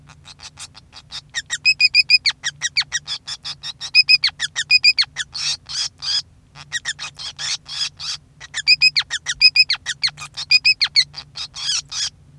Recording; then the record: song of a male Bengalese finch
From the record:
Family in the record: son of father 5